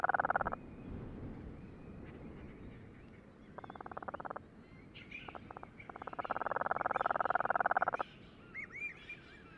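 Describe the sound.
Cape Verde storm petrel churring: several rapid pulsed bursts of varying length, the longest about two seconds, with a few higher upslurred chirps near the end.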